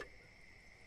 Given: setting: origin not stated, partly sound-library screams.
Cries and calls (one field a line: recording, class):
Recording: one-second piece from a danger detection set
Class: normal situation